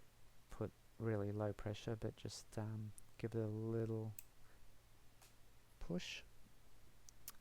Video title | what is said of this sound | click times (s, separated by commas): GP3D RC10GX89 Replica Build (Part 3 of 3) | And that popped out. That is awesome. | 7.3 s